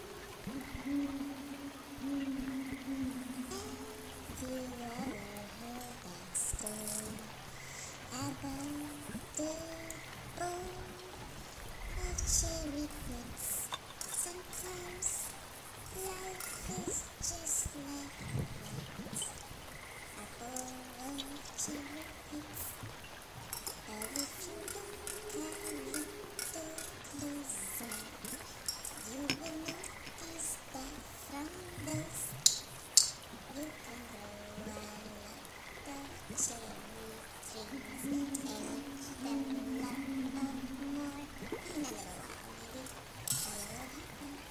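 Night sounds from woods and water: a steady wet hiss like trickling water runs throughout. A high chirp repeats about once a second, while low croaking calls rise and fall every few seconds, with a few sharper clicks and knocks scattered through.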